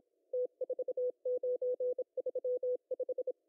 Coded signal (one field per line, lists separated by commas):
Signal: Morse code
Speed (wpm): 27 wpm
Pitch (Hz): 500 Hz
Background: none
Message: T4935